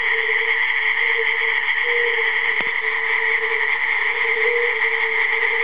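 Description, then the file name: Frogs calling together in a thick, continuous chorus of overlapping trills and croaks, a brief sharp click midway, the steady din otherwise unchanged. "zabi koncert"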